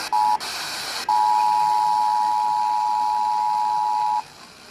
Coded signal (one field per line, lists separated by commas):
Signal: Emergency Alert System (SAME) tones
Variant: 853 and 960 Hz attention tone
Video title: Weeklies on Monthlys from 9/6/23 (EAS #1216 - 1224)